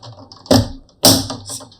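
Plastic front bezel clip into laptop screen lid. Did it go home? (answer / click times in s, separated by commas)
yes / 0.5 s, 1.1 s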